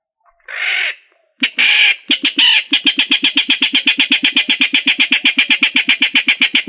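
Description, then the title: Rail calling with a few harsh opening squawks, then a fast, even run of clacking notes to the end. "Familia Rallidae"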